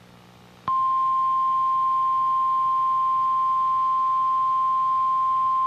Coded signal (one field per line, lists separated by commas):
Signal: Emergency Alert System (SAME) tones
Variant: 1050 Hz attention tone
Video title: A Quiet Friday Afternoon | EAS Alerts from 8/7/26